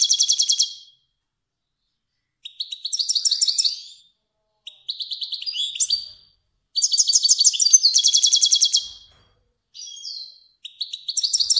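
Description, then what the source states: Finch song in repeated bouts of rapid high trilling phrases separated by short silences. Finch described as kermani.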